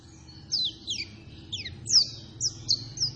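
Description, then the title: White-eye calls, a handful of thin, high down-slurred chirps spaced irregularly, over a low background hum. Energetic, insistent white-eye song used as a lure to make other white-eyes respond and answer. "Pleci Gacor. Apapun plecinya AKAN LANGSUNG MERESPON dan NYAUT dengan pancingan pleci ngotot ini"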